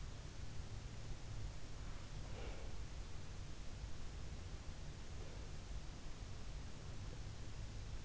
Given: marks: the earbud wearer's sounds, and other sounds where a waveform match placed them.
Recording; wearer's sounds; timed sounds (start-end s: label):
sounds in sleep by an in-ear microphone; breath
2.22-2.82 s: breath